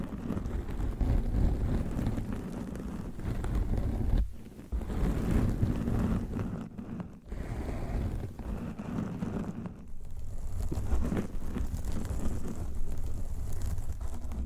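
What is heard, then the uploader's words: Dense, close scratching and rubbing on a microphone cover gives a steady low rumbling hiss, briefly dropping out near four and ten seconds. ASMR Mic Scratching with 100 DIFFERENT MIC COVERS & MICS! No Talking for Sleep with Long Nails.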